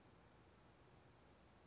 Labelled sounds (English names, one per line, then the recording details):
California Towhee
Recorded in Sonoma County, California